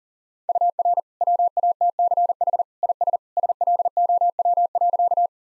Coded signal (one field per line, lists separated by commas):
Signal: Morse code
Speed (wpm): 40 wpm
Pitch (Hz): 700 Hz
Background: none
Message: UR WATCH IS SLOW.